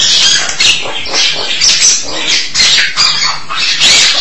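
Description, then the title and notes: Starling song: unbroken, high, scratchy and wheezy chatter with squeaky notes packed tightly together. "suara burung jalak"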